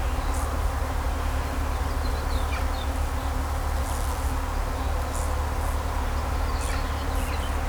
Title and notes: In den Reben, Kallstadt, Deutschland - In Kallstadt summen die Bienen. Natur, Weinreben, Bienen summen, Vögel singen, Fahrgeräusche von Straße, Land